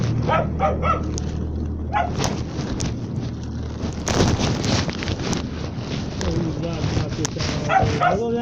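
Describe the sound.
A dog barks in short, repeated bursts, a quick cluster at first and then scattered barks later, over steady wind noise and low background voices.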